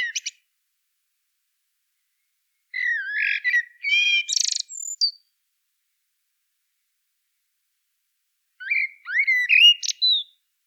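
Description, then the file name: Common blackbird song: two fluty, warbling phrases around mid pitch, each ending in a high, squeaky twitter, separated by several seconds of silence. "Turdus merula"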